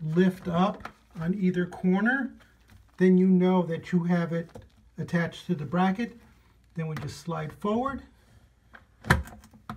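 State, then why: Seated. A VOVO VB-6000SE bidet toilet seat is slid forward onto its mounting bracket on the toilet bowl while someone talks. A few short knocks follow, and a click at 9.7 s marks the seat engaging. The seat is confirmed attached.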